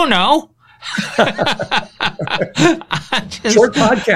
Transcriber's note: laughing